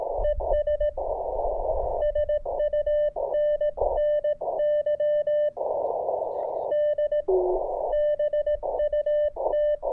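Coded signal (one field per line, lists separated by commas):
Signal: Morse code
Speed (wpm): 18 wpm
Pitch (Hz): 600 Hz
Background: radio noise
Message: ES SUNNY D BUT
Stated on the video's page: 30m band operation on a home-built delta loop antenna with a 4:1 balun.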